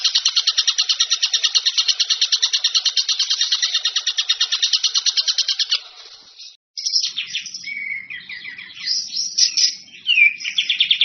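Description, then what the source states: Bird song of fast, high repeated chirps for several seconds, a short gap, then a varied song of whistles, slurred notes and buzzy phrases. Masteran compilation of bird song, described as the most complete.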